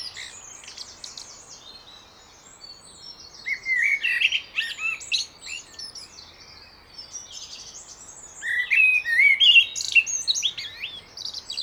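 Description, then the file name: Common blackbird singing fluty, rising and falling whistles topped with shrill chattering notes, in two phrases roughly five seconds apart. "Turdus merula"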